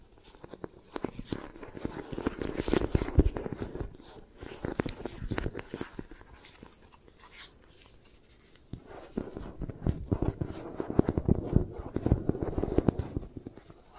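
Tapping and scratching for an eye massage, coming in two dense bursts of quick, irregular taps and rubbing, from about one to six seconds and again from nine to thirteen. Between them is a near-silent pause. The sounds sit mostly low with sharp, bright clicks.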